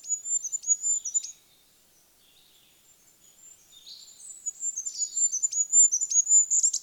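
Goldcrest song: very high, thin, rapidly repeated notes in quick runs, a pause, then a longer series resuming.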